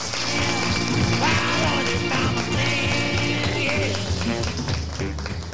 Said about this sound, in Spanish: Otro fuerte aplauso porque tenemos aquí un montón de gente con sus orejas puestas y sus ojitos mirándonos. ¡Un aplauso fuerte!